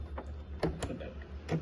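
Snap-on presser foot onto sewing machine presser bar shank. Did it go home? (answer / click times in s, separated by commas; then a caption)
no / none. A snap-on presser foot is handled at the shank of a sewing machine's presser bar, giving a few short knocks and taps over a low steady hum. The part has not seated or clicked yet.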